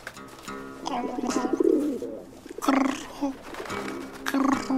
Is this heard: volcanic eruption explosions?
no